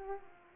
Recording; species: mosquito wingbeat signal from an infrared sensor; Culex pipiens